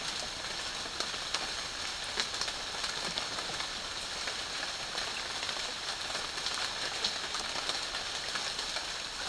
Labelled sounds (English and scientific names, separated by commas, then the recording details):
none
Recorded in dense forest near Puerto Asís, Putumayo, Colombia, on 12 March 2025 at 08:30
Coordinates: 0.484, -76.325
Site G045